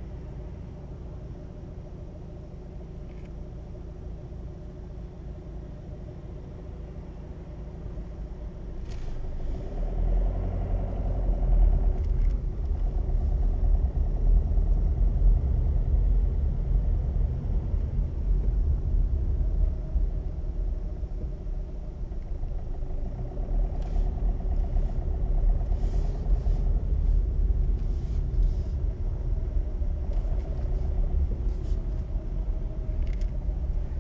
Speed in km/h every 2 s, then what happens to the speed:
0, 0, 0, 0, 0, 9, 10, 11, 11, 8, 4, 5, 10, 10, 9, 8, 7.
0-9 standing. 9-14 pulls away to 11. 14-20 slows to 4. 20-24 speeds up to 10. 24-34 steady at about 9.